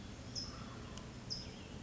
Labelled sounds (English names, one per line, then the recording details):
California Towhee
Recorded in Sonoma County, California